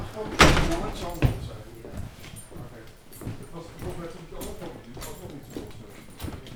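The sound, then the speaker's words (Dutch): Footsteps shuffle along at an uneven pace through part of the WORM building, punctuated early by a couple of sharp, loud knocks like a door banging, with muffled voices murmuring underneath throughout. “Ja, we lopen dus nu weer door een stuk van vorm.”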